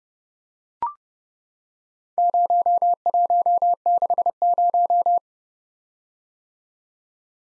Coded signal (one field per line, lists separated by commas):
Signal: Morse code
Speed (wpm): 30 wpm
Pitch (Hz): 700 Hz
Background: none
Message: 0160